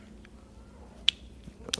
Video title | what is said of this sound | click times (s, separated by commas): HD Wireless Endoscopic Camera Quick Start Guide - Marina Medical | clicks in place, lock it, | 1.1 s